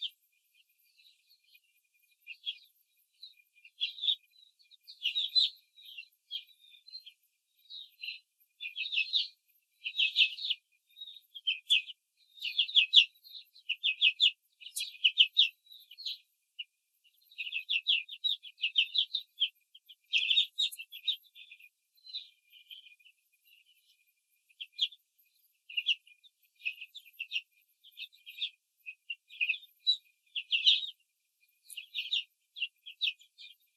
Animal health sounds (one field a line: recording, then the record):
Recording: young laying hens in a cage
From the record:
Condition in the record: control cage, before the stress test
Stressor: none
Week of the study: 4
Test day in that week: 3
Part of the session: 3